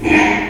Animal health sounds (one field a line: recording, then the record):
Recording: squeal of a Yucatan mini pig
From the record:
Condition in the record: after surgery on the right vocal fold (resection and tissue-engineered implant)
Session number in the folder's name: 2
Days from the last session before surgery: 13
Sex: male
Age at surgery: 12 weeks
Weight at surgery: 13 kg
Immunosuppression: cyclosporine, prednisolone